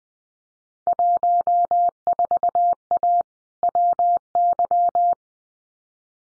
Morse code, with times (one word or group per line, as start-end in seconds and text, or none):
0.9-3.2 14A
3.6-5.1 WY